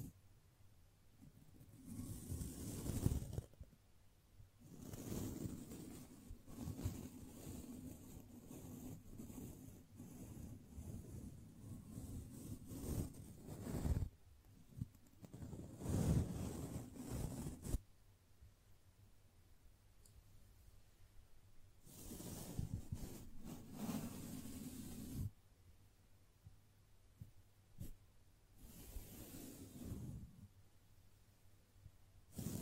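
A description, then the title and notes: Soft brushing strokes rub against the microphone in long, dense, whooshing passes with a low rumbling undertone. The strokes come in stretches of several seconds, broken by quiet pauses around the middle and again near the end, with a few light taps in between. ASMR Gently Brushing Your Brain (No Talking).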